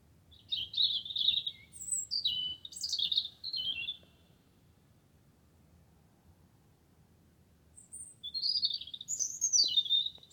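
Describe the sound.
Wren singing two bursts of fast, high warbled notes separated by several seconds of quiet.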